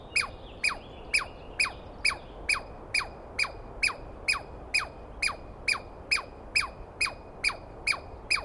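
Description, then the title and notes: Douglas squirrel giving loud, sharp descending squeals repeated about twice a second in a steady series. Douglas pine squirrel screaming at length at dawn on the morning of 21 April 2017 in the East Cascades, startling the recordist awake; identified by sound, not clearly seen. "On the morning of 21 April, 2017, I set up my microphones and recorder for a nice dawn recording in the East Cascades. I was started awake by a screaming Douglas Pine Squirrel."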